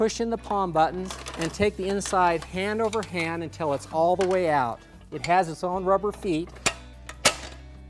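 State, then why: Seated. Someone talks while the palm button is pushed and the inside section of a Little Giant Alta One multi-position aluminium ladder, with its lock tabs released, is pulled out hand over hand and set on its own rubber feet. A faint tap at 7.1 s leads into a sharp metallic snap at 7.3 s as the section lock engages into the outer rail, locking the section in place as a four-foot-high trestle.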